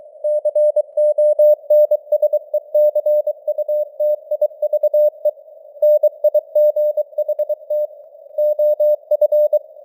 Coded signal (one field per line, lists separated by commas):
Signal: Morse code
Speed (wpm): 23 wpm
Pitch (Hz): 600 Hz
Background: none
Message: CONSECUTIVE NIGHT OF